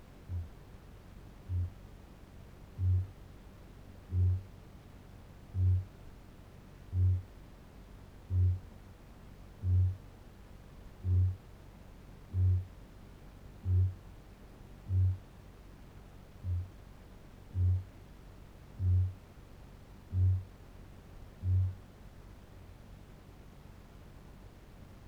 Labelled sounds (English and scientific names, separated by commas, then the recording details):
Kākāpō (Strigops habroptilus) boom
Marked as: faintness 3/5, faintness 2/5
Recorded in New Zealand
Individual Barnard